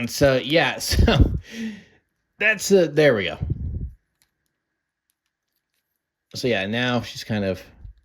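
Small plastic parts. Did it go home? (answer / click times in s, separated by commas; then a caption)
no / none. Loose plastic parts of a Transformers Studio Series Deluxe Class Elita-1 action figure are handled and pressed back toward the figure body while someone talks. A few faint, tiny ticks occur in the quiet gap around 4.2 to 5.1 seconds. The clip ends before the parts go home, and nothing has seated or clicked yet.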